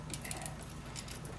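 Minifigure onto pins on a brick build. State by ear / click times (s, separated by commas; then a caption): not seated / none. A minifigure with dangling chains is pressed onto small pins on a brick build of the LEGO Harry Potter 2023 Gringotts Wizarding Bank Collectors' Edition 76417. A quick series of light, bright jangles and ticks from the chains is heard over a low steady hum. The minifigure fails to snap onto the pins, and nothing has seated or clicked yet.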